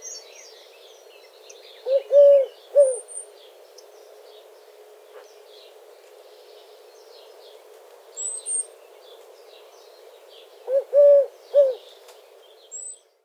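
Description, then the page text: Eurasian collared dove cooing, a low three-note coo repeated twice about nine seconds apart, with faint high chirps of other birds in between. "Горлица кольчатая"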